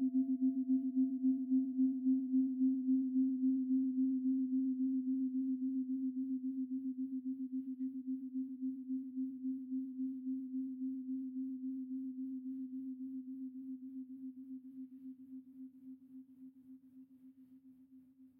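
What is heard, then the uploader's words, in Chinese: A Tibetan singing bowl hums one steady low tone with a fast, even wobble, fading slowly over eighteen seconds; faint upper overtones vanish early. 西藏頌缽 脈輪淨化。西藏頌缽的共鳴。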